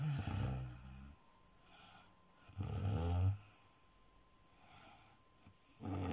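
Loud, low, rattling snores come on the inhaled breath of an adult sleeper, with quieter whistling exhalations between them. Two full snore cycles are heard, at roughly 20 breaths a minute.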